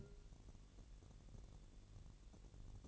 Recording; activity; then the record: daily activity, microphone in the room; take from stove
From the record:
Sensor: 4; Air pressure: 1002.8 hPa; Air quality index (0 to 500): 240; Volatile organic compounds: 10 ppm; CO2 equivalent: 2255 ppm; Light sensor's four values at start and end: 7/16/6/7 and 7/16/6/7